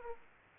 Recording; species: mosquito wingbeat signal from an infrared sensor; Aedes aegypti